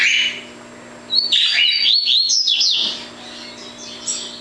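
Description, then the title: Double-collared seedeater song: one fast phrase of bright, slurred high notes lasting under two seconds, with a softer chirp before it. "Canto Coleiro"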